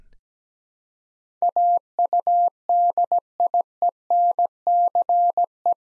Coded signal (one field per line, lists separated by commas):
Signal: Morse code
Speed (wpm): 17 wpm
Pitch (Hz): 700 Hz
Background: none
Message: AUDIENCE